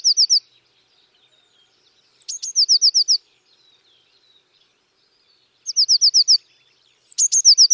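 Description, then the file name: Eurasian blue tit calling with a high thin note and a run of about five quick trilled notes, the phrase recurring several times. "Cyanistes caeruleus"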